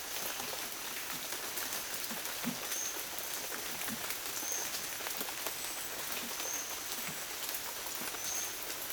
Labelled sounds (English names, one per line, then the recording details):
none
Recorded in dense forest near Puerto Asís, Putumayo, Colombia, on 24 June 2025 at 14:30
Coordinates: 0.484, -76.325
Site H65